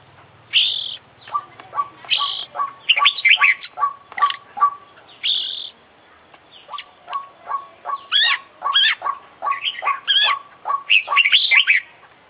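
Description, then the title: Oriental magpie-robin song: busy medley of short repeated chips and swooping whistles, phrases tumbling quickly after one another. Captive kacer of the Indonesian songbird-hobby (kicau mania) scene, an international contest champion, singing continuously (gacor) with full isian (fill-in song material), used for training. "Kicau Mania - Full Isian Juara Internasional Burung KACER Gacor"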